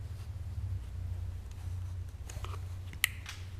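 During a 2013–2019 Subaru BRZ / Scion FR-S / Toyota 86 engine swap, a harness connector is routed and pushed home into its component socket. Soft handling rustles and small taps come over a steady low hum, then a sharp, bright click sounds at 3.0 s. The connector is confirmed seated.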